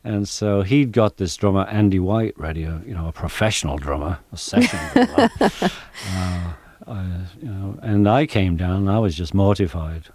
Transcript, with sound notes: And so he'd got this drummer Andy White ready, you know, a professional drummer, a session drummer. (Laughter) And I came down, and I was just mortified.